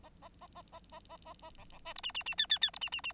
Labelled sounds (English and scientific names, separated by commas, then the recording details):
Bengalese Finch (Lonchura striata domestica) song
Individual Bird9